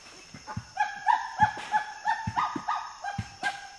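Common chimpanzee calls, a rapid series of voiced hoots repeated about three times a second, with low thumps underneath.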